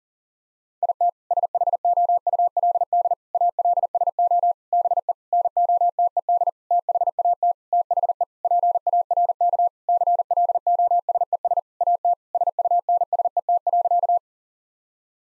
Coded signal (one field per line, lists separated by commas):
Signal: Morse code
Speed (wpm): 40 wpm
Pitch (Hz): 700 Hz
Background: none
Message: IT SHOULD ALSO BE NOTED THAT THE PARK CLOSES AT SUNSET.